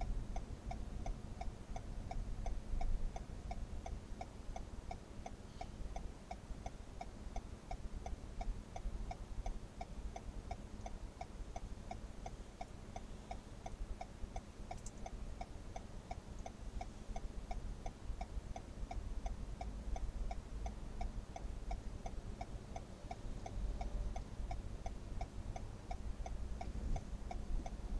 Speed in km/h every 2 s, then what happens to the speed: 0, 0, 0, 0, 0, 0, 0, 0, 0, 0, 0, 0, 0, 0.
0-28 standing.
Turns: none.